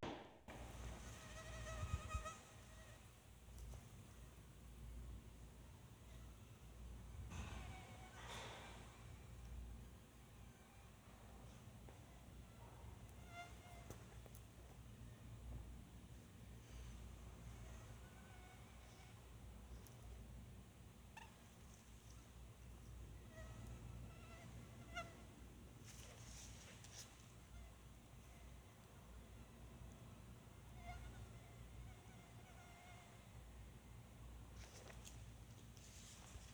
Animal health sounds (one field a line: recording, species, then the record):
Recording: mosquito flight sound by mobile phone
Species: Anopheles farauti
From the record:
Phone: Sony Xperia